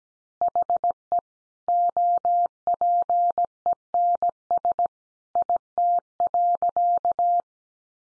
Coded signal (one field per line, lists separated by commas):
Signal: Morse code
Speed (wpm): 17 wpm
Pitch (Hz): 700 Hz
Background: none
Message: HE OPENS IT.